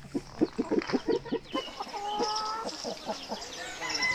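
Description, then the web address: Chicken clucking in a rapid series of short notes, then faint drawn-out calls in the background over a noisy backdrop. "aso-bit 2018 chicken"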